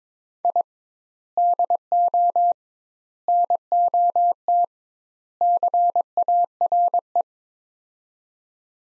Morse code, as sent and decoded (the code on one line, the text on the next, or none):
.. / -.. --- / -. --- - / -.-. .- .-. .
I DO NOT CARE